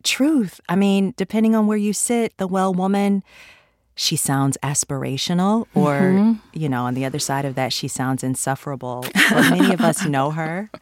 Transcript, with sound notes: I mean, depending on where you sit, the well woman - she sounds aspirational, or, you know, on the other side of that, she sounds insufferable.
(Laughter).
But many of us know her.